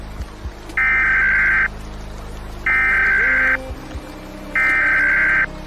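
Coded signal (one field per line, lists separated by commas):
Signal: Emergency Alert System (SAME) tones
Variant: header bursts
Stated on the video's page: Fictional doomsday EAS broadcast scenario about nuclear war, told from Russia's perspective.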